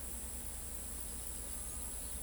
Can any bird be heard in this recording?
no